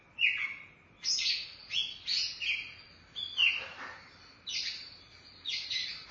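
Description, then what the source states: Oriental magpie-robin singing a series of scratchy, high whistled phrases, spaced irregularly with brief gaps. Chirping song (kicauan) of the bird.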